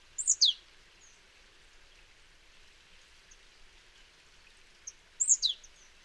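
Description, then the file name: Marsh tit calls: two bursts of sharp, high, down-slurred notes, one near the start and another about five seconds later, over a soft hiss. "Poecile palustris"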